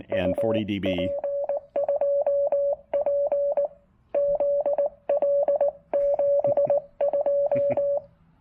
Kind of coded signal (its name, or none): Morse code